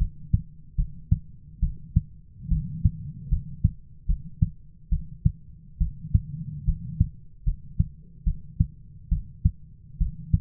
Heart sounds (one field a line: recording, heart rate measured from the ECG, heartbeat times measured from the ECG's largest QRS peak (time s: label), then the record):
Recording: heart sounds by stethoscope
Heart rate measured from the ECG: 72 bpm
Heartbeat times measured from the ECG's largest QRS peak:
0.76 s: heartbeat
1.60 s: heartbeat
2.49 s: heartbeat
3.29 s: heartbeat
4.07 s: heartbeat
4.90 s: heartbeat
5.79 s: heartbeat
6.65 s: heartbeat
7.44 s: heartbeat
8.25 s: heartbeat
9.10 s: heartbeat
9.99 s: heartbeat
From the record:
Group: healthy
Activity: rest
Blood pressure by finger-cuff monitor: 135/79 mmHg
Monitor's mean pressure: 98 mmHg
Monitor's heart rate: 73 bpm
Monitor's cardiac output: 6.9 L/min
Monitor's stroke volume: 94 mL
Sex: female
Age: 22 years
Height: 161 cm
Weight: 65.5 kg